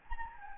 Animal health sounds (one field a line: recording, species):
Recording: mosquito wingbeat signal from an infrared sensor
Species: Anopheles gambiae